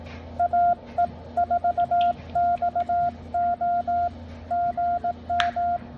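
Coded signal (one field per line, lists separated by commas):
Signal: Morse code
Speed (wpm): 18 wpm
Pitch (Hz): 700 Hz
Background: none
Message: AE4XO GM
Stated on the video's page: CW from a Sunday morning state park outing for the NAQCC challenge, under poor band conditions.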